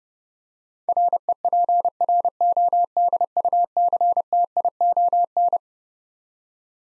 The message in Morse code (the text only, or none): REPRODUCTION